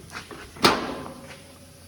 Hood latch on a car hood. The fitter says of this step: She heard that. Unlatched.